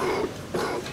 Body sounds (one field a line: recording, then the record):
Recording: coughing mixed with background sound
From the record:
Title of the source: Coughing 77